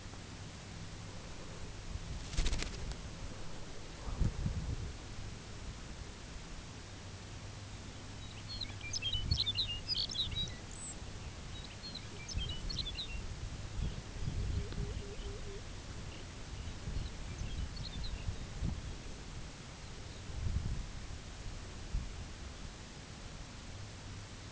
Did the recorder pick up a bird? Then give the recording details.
yes. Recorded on Arctic tundra, site UTQI-5, on 19 June 2019. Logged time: 22:00